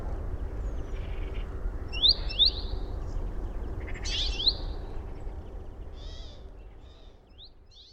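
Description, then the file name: Great tit calls: a pair of quick high chirps, then a broader burst, followed by fainter twittering and fading low background noise. "Parus major"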